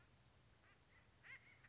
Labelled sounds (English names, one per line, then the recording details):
Acorn Woodpecker
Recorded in Sonoma County, California